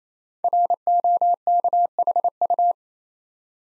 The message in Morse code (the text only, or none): ROKHU